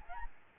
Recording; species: mosquito wingbeat signal from an infrared sensor; Aedes albopictus